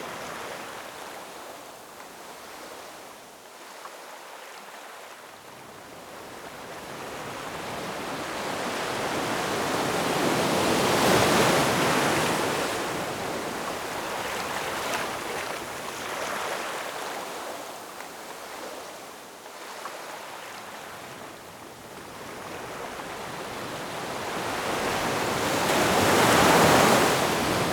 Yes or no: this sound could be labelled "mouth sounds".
no